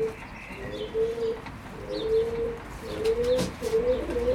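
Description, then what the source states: Pigeon giving soft low coos, drawn-out notes repeated roughly every second, with a sharp click and light background noise. Berlin, Germany, 2022.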